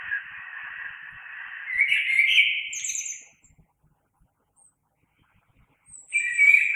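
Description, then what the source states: Common blackbird song: a long mellow warble ending in a high squeaky flourish, a silent gap, then a new phrase beginning at the end. Recorded 3 March 2020.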